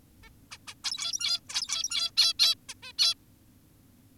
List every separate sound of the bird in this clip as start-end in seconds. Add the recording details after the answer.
0.23-0.29, 0.51-0.58, 0.68-0.74, 0.84-1.40, 1.49-2.11, 2.17-2.34, 2.39-2.55, 2.69-2.74, 2.83-2.92, 2.99-3.14. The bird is an adult. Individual g17y2U